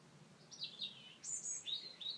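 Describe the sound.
Bird calls: a few thin, high chirps, the first sliding downward, heard faintly over a steady background hiss.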